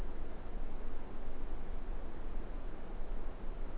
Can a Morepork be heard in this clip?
no